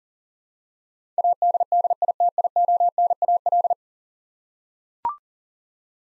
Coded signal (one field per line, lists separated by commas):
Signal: Morse code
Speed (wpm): 40 wpm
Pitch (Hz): 700 Hz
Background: none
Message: ADDITIONAL